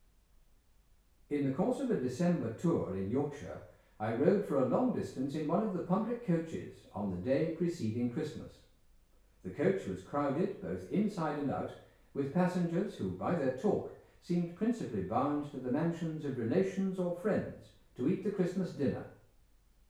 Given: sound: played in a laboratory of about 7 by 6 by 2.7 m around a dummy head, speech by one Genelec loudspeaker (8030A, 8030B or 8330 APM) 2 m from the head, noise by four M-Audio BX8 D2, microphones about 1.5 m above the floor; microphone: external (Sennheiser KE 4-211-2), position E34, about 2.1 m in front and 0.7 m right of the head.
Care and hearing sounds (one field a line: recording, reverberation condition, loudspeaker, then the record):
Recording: male speech in English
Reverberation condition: medium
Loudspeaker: 60 degrees to the right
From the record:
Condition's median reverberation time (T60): about 510 ms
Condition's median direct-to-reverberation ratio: about -0.5 dB